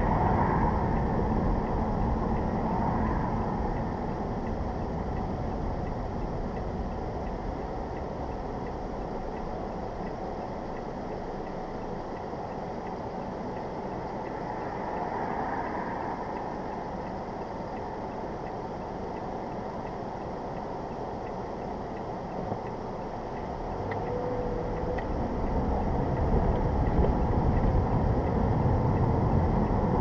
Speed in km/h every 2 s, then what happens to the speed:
34, 31, 23, 13, 6, 2, 0, 0, 0, 0, 0, 0, 6, 19, 29.
0-10 slows to 2. 10-23 standing. 23-30 pulls away to 29.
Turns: 2-4, 25-27.